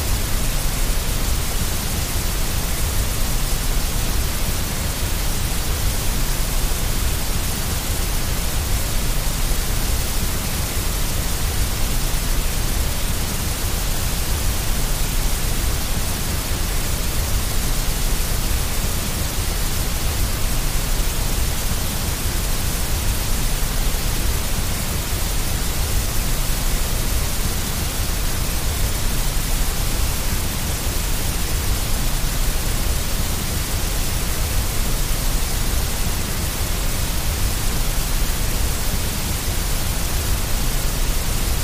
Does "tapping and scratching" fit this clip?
no